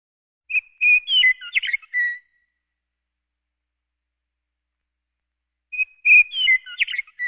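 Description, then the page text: Western meadowlark song: two phrases of clear, fluting and gurgling whistles, separated by about three and a half seconds of silence. "Western Meadowlark. Quick Sounds"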